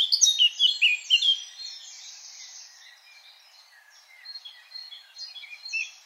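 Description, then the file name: Eurasian blackcap giving a short burst of loud, rapid whistled and chattering notes at the start, then quiet, faint warbling and scattered soft notes. "Sylvia atricapilla"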